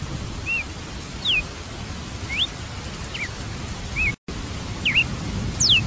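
Red-cowled cardinal giving looping and sliding whistled notes roughly once a second, with steady hiss and a brief dropout in the sound.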